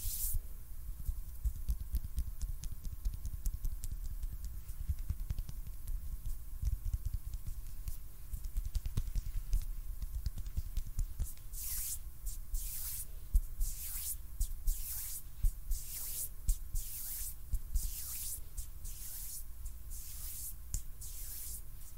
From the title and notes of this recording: ASMR HAND SOUNDS NO TALKING.